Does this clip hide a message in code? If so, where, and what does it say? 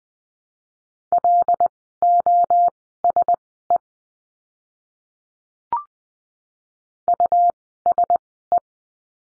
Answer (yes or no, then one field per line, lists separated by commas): yes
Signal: Morse code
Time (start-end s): 1.1-8.6 s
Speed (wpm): 20 wpm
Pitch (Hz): 700 Hz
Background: none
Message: LOSE USE